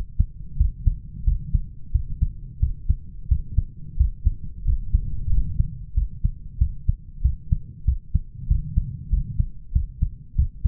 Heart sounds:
heart sounds by stethoscope; 92 bpm
0.59 s: heartbeat
1.26 s: heartbeat
1.94 s: heartbeat
2.61 s: heartbeat
3.30 s: heartbeat
3.99 s: heartbeat
4.67 s: heartbeat
5.32 s: heartbeat
5.96 s: heartbeat
6.60 s: heartbeat
7.24 s: heartbeat
7.87 s: heartbeat
8.50 s: heartbeat
9.12 s: heartbeat
9.75 s: heartbeat
10.38 s: heartbeat
From the record:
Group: healthy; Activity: rest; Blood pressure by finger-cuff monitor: 165/105 mmHg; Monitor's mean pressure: 121 mmHg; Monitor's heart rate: 91 bpm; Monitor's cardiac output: 6.8 L/min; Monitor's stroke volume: 76 mL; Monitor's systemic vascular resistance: 1310 dyn s/cm5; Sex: male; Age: 21 years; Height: 175 cm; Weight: 72.6 kg

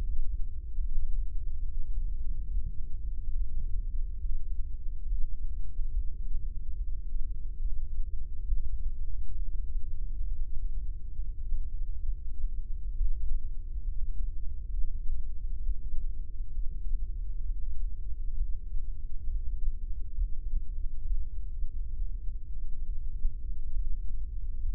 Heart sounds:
heart sounds by microphone in the right ear; 68 bpm
0.79 s: heartbeat
1.66 s: heartbeat
2.53 s: heartbeat
3.36 s: heartbeat
4.20 s: heartbeat
5.06 s: heartbeat
5.92 s: heartbeat
6.76 s: heartbeat
7.61 s: heartbeat
8.47 s: heartbeat
9.36 s: heartbeat
10.26 s: heartbeat
11.15 s: heartbeat
12.05 s: heartbeat
12.95 s: heartbeat
13.83 s: heartbeat
14.72 s: heartbeat
15.65 s: heartbeat
16.54 s: heartbeat
17.44 s: heartbeat
18.36 s: heartbeat
19.28 s: heartbeat
20.16 s: heartbeat
21.05 s: heartbeat
21.95 s: heartbeat
22.85 s: heartbeat
23.74 s: heartbeat
24.64 s: heartbeat
From the record:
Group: heart failure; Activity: rest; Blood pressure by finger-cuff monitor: 128/89 mmHg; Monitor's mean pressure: 103 mmHg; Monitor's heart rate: 68 bpm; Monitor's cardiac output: 6.2 L/min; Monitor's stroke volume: 92 mL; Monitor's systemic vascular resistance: 1230 dyn s/cm5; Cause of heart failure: idiopathic cardiomyopathy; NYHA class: 1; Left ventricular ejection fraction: 50%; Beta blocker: bisoprolol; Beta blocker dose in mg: 5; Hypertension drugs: candesartan, spironolactone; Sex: male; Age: 54 years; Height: 180 cm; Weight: 94.6 kg

